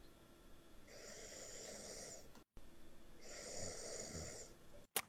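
A young woman sleeping soundly, snoring.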